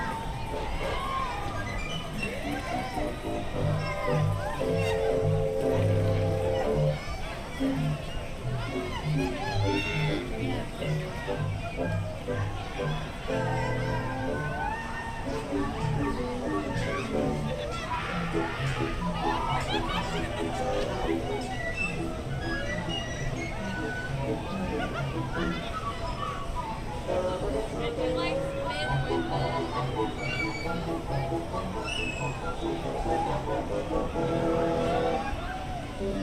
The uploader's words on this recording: Alice in Wonderland Corner, Disneyland Park Binaural Recording. Alice in Wonderland corner in Fantasyland at Disneyland Park. The sounds/ambience found on both the Mad Tea Party and Alice in Wonderland attractions.